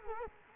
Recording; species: mosquito wingbeat signal from an infrared sensor; Culex quinquefasciatus